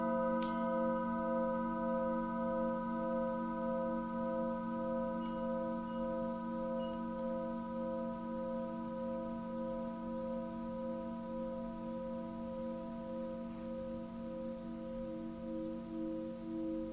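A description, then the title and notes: A Tibetan singing bowl hums with a steady, sustained ring of several stacked tones, the low ones strongest and slowly pulsing in a gentle wavering beat. The sound holds even throughout, with a few tiny high clicks near the start and middle. Tibetan Singiing Bowl.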